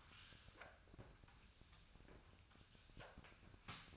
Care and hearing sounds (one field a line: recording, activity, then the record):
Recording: daily activity, microphone in the room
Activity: sweep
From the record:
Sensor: 2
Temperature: 24.0 degrees Celsius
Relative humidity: 35.5%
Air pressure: 1004.6 hPa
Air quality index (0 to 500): 91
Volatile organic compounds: 2 ppm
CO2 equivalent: 1097 ppm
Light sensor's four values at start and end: 6/14/6/6 and 6/15/6/6